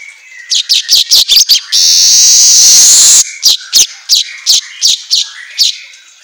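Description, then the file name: Asian golden weaver song: a run of sharp, dry chattering clicks, then a long sizzling wheeze rising slightly for over a second, followed by more spaced clicking notes. Manyar kepala emas singing energetically (auto gacor). "Suara Kicau Manyar Kepala Emas Auto Gacor"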